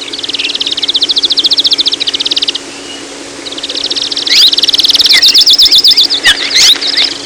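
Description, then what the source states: Amakihi singing rapid, dry, high trills, two runs of about two and three seconds, with slurred chirps mixed in and a steady low hum underneath. July 2011.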